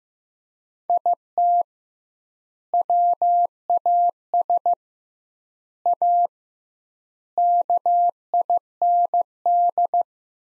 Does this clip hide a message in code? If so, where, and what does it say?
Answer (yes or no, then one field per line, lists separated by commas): yes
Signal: Morse code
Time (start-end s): 0.9-10.0 s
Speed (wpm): 15 wpm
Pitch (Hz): 700 Hz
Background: none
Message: IT WAS A KIND